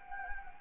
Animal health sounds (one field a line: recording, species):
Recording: mosquito wingbeat signal from an infrared sensor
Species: Anopheles gambiae